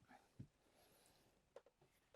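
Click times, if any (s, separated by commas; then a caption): none. A rotated driver seat with a swivel lock in the cab of a 2026 Newmar Essex motorhome is turned back toward the forward driving position. Soft handling thumps and light knocks are heard, with a sharper tap around 1.6 s. The clip ends before the swivel lock engages, so nothing has seated or clicked yet.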